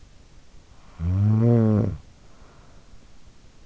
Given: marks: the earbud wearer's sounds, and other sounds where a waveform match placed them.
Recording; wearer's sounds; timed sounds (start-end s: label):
sounds in sleep by an in-ear microphone; snoring breath
0.37-3.61 s: snoring breath